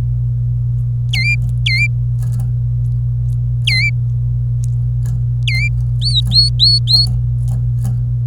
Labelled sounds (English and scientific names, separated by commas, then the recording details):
Domestic Canary (Serinus canaria) song
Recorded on 26 April 2018 at 10:03
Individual llb3